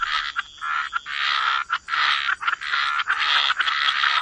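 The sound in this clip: Dense frog chorus of overlapping croaks forming a continuous wash of sound with brief gaps.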